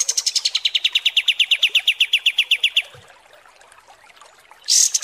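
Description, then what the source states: Kapas tembak song: a long, steady trill of sharp chipping notes, then a quiet pause and a final high buzzy burst. Masteran training recording of kapas tembak song.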